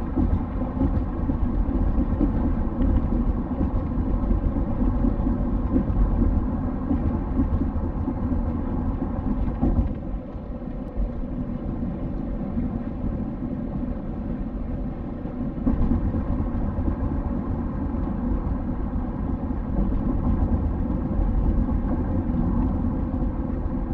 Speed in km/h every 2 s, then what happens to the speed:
74, 73, 74, 74, 73, 73, 73, 73, 71, 68, 67, 63.
0-14 steady at about 73. 14-24 slows to 63.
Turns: none.